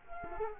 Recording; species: mosquito wingbeat signal from an infrared sensor; Culex quinquefasciatus